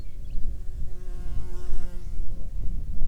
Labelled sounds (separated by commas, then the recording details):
bird, wind, insects
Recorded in the Prudhoe Bay oil fields, Alaska, on 9 June 2019 at 16:48
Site 21